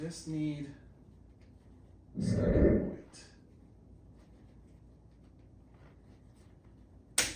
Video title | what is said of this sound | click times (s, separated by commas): Stop the Leaks! Mustang Convertible Top Replacement Part 1 | Okay, hear the click? If you can get it clicked, you're good. | 7.2 s